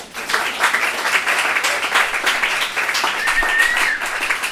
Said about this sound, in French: Donc, on applaudit à nouveau.